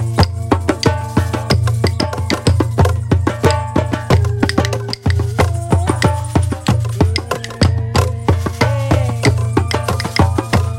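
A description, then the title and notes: A drum circle pounds out dense, fast, steady hand-drum hits over a constant low hum, with wavering, gliding siren-like tones weaving above throughout. Opening Drum Circle and psycadelic sirens. This was a spontaneous music circle - improvisation, and flow with strangers who just met.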